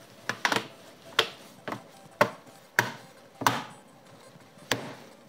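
The plastic bottom cover of an Asus Vivobook M1502 laptop is laid back on the chassis and pressed around its edges, and its retaining clips snap into place one after another. Sharp clicks land at 0.5, 1.2, 2.2, 2.8, 3.5 and 4.7 seconds, with a few softer taps in between. The cover ends up seated.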